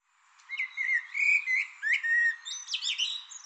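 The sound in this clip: Bird calling, a run of warbled, slurred notes around mid-high pitch with brief buzzy touches, delivered in a quick uneven series over about three seconds.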